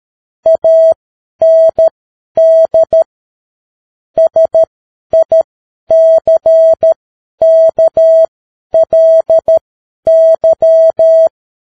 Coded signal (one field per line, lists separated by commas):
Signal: Morse code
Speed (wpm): 13 wpm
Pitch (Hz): 650 Hz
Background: none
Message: AND SICKLY